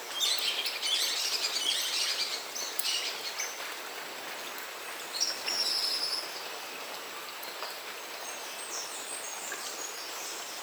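Light morning rain hisses steadily over the forest, with bright bird chirps clustered in the first few seconds and again midway.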